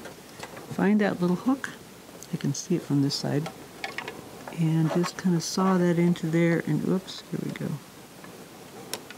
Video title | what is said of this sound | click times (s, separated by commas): Threading Instructions for the Janome 8002D Serger Overlock Sewing Machine | we go and it's in there kind of give a little click | 8.9 s